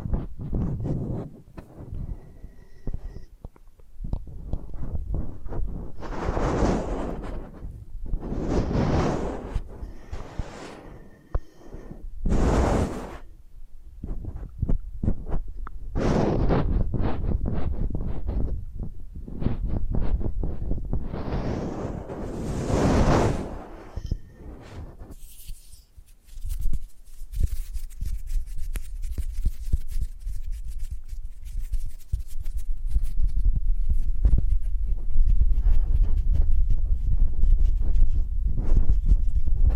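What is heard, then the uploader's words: Soft brushing and scratching strokes sweep across the microphone with no talking, the first half a series of separate bright swishes every couple of seconds. After about 25 seconds the sound turns into a denser, steadier crackle of rubbing over a low muffled rumble. ASMR Hypnotic First Person Triggers Ear Scratching, Face Brushing etc (No Talking).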